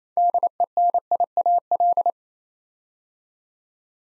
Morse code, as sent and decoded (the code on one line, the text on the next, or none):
-.. . -. .. .- .-..
DENIAL